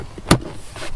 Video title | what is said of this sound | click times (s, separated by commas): Step-by-Step Guide: Installing DIY Mini Split Dual Zone Senville & MrCool | and it just snaps into place then | 0.3 s